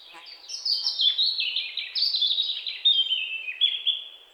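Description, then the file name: European robin song: one long tumbling phrase of thin, high warbled notes, sliding and stepping gradually downward, with quick trills and sweet whistled notes throughout. "Erithacus rubecula"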